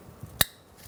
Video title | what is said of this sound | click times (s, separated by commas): How to Replace Front Strut Assemblies 2004-2009 Mazda 3 | Make sure you hear that click. | 0.4 s